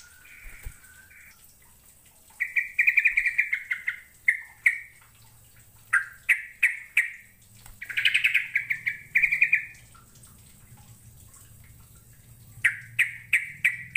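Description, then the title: Birdsong of fast chattering trills and repeated twittering phrases in bursts, pausing between them, with a faint low hum beneath. "Kicau Burung"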